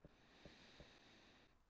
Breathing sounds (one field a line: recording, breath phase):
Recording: one breath near a microphone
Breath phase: inhalation